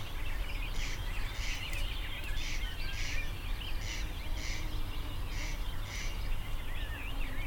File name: kk 210613 eka koiras pidempaa saetta mahd uusi